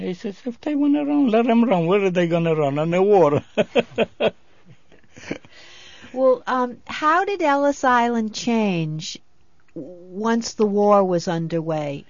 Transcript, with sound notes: He says, "If they wanna run, let them run. Where are they gonna run, on the water?" (he laughs)
Well, how did Ellis Island change once the war was underway?